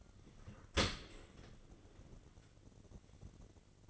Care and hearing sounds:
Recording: daily activity, microphone in the room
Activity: open dishwasher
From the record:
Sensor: 4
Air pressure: 1004.0 hPa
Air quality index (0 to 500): 152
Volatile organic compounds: 2 ppm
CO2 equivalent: 1086 ppm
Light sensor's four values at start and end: 26/63/26/28 and 28/68/29/31

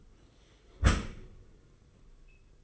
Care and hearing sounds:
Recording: daily activity, microphone in the room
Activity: close dishwasher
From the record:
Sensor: 4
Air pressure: 991.3 hPa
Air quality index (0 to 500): 157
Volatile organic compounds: 124 ppm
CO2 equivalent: 3898 ppm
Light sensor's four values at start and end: 23/74/28/28 and 23/75/28/29

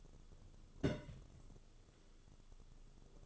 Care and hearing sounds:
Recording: daily activity, microphone in the room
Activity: place on stove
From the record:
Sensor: 4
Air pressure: 1008.8 hPa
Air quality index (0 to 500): 128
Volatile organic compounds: 1 ppm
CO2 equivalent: 932 ppm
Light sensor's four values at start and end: 10/23/9/8 and 10/23/9/8

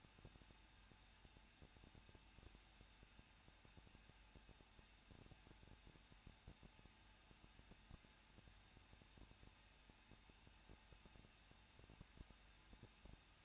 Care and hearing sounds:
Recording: daily activity, microphone in the room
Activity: no activity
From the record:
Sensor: 2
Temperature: 21.0 degrees Celsius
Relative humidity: 37.5%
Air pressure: 1006.3 hPa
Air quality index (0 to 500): 223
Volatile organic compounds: 25 ppm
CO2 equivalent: 2832 ppm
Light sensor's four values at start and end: 2/3/2/2 and 2/3/2/2

